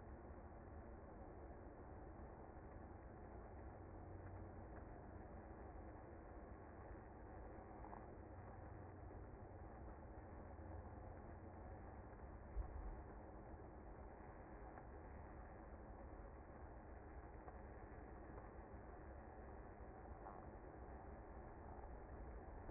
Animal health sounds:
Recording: honeybee colony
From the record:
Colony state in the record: active

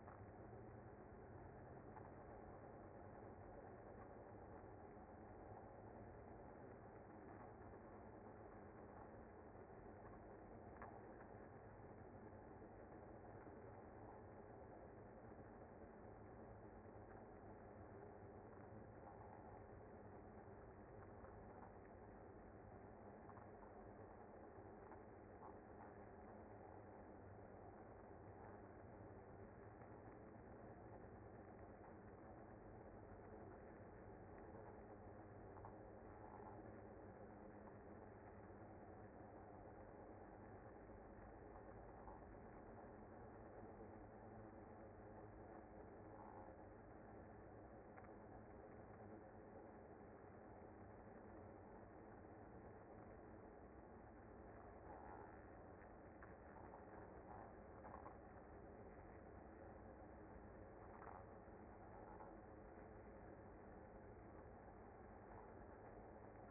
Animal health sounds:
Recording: honeybee colony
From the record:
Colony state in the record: active

